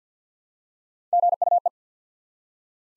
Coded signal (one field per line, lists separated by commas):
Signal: Morse code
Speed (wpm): 50 wpm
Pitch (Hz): 700 Hz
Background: none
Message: GUE